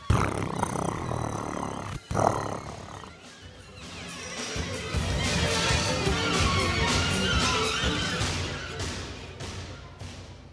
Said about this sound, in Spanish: Ah, por poco me olvido de Cristóbal. Cristóbal es un hermoso gato que siempre está con Carlos y cuando se siente feliz hace...